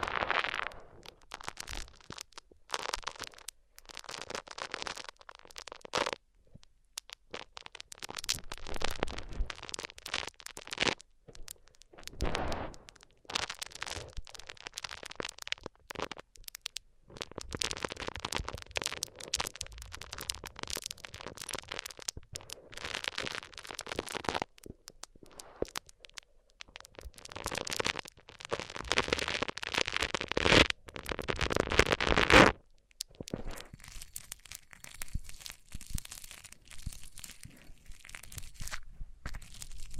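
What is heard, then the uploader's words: A microphone is rubbed against different surfaces, making dense, uneven scraping and crackling noise that comes in bursts with short silent gaps between them. The strokes are full, reaching from low rumble to bright hiss, and grow quieter and thinner after about 33 seconds. ASMR Rubbing Mics On Different Surfaces (No Talking).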